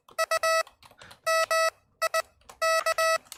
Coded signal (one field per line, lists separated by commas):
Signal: Morse code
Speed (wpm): 19 wpm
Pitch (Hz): 1300 Hz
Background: none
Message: U MI K